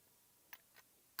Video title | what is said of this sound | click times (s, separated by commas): How to Play the Trumpet | click and now | 1.2 s